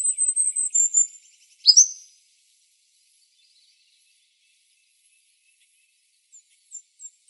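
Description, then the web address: Golden-crowned kinglet, very high thin tinkling notes that tumble downward, then silence and a few faint high chips at the end. Recorded in Arizona on 3 November 2005. "Wrens Kinglets Gnatcatchers GCKI 051103. deviche"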